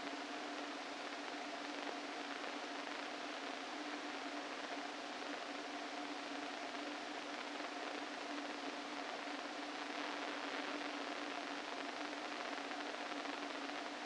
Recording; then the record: brain microelectrode recording played as sound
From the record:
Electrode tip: inside the subthalamic nucleus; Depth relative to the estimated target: -2 mm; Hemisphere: left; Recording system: NeuroSet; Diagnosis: Parkinson's disease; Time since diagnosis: 13 years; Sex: male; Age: 49 years